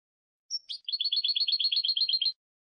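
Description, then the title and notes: European goldfinch song beginning with a thin whistled note, then a rapid, even, liquid trill of repeated high chirps lasting about one and a half seconds. Clean goldfinch song recording made as training material for teaching song to other birds. "Cd de canto de jilguero limpio para copia."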